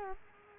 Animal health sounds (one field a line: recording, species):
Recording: mosquito wingbeat signal from an infrared sensor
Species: Culex quinquefasciatus